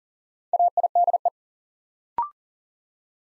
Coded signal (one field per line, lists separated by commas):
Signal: Morse code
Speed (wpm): 38 wpm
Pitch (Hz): 700 Hz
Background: none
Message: AIDE